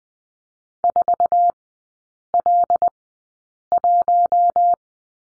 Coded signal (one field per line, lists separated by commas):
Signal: Morse code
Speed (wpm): 20 wpm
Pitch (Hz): 700 Hz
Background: none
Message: 4L1